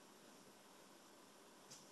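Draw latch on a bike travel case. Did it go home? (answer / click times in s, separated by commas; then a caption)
no / none. A draw latch on a bike travel case, with grooves on it, is lined up by hand before being brought up around to snap shut. Only a steady broadband hiss is heard, with a faint bright burst near 1.7 s. The latch has not snapped in place yet, and no click is heard.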